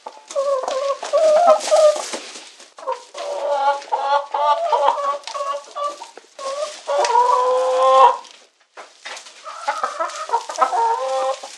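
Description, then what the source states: Chicken calls: long stretches of harsh clucking and cackling, with a drawn-out squawk later on and a short pause before more clucks. Domestic chicken.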